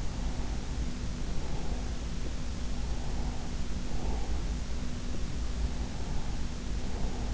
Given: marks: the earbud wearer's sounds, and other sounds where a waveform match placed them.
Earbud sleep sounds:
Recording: sounds in sleep by an in-ear microphone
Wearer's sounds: breath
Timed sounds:
0.02-2.04 s: breath
2.78-4.56 s: breath
5.51-7.34 s: breath

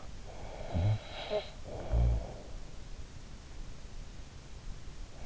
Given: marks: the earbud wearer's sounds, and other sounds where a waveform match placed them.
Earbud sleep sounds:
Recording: sounds in sleep by an in-ear microphone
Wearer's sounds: snoring breath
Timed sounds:
0.23-2.88 s: snoring breath

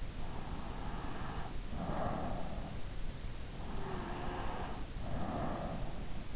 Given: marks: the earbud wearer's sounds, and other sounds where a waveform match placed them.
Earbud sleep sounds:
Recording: sounds in sleep by an in-ear microphone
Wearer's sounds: breath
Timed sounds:
0.18-2.64 s: breath
3.51-6.25 s: breath

